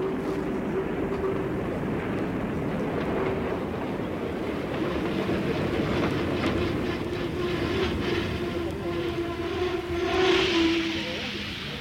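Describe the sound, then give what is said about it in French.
A train rumbles steadily in a station, its low drone broken by metallic clanks and a faint rhythmic clatter, with a brief brighter hiss or squeal swelling near the end. “Il faut que je remonte dans le train au moment où il repartira.”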